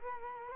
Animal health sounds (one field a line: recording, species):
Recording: mosquito wingbeat signal from an infrared sensor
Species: Culex quinquefasciatus